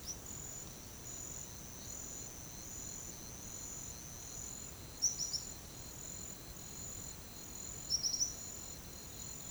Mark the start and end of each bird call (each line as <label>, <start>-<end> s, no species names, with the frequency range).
bird call (3.8-6.5 kHz), 0.03-0.17 s
bird call (4.1-6.5 kHz), 4.95-5.49 s
bird call (4.2-6.3 kHz), 7.82-8.36 s